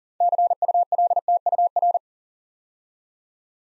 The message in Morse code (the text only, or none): CULTUR